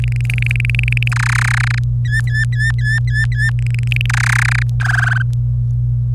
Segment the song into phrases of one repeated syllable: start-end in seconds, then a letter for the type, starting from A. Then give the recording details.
0.04-1.08 A, 1.12-1.79 B, 2.05-3.50 C, 3.59-4.06 A, 4.09-4.62 B, 4.80-5.22 D. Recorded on 26 April 2018 at 11:49. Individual llb3